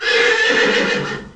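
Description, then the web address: Horse whinny: one loud, harmonic neigh lasting about a second and a half, steady at first, then fading as it trails off. "Wanted. horse"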